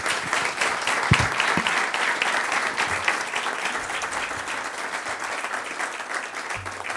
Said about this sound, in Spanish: Un aplauso para ellos, ¿eh?